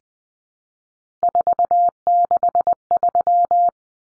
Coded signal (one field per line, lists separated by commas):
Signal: Morse code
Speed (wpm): 20 wpm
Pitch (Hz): 700 Hz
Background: none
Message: 463